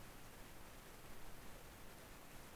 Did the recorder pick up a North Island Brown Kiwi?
no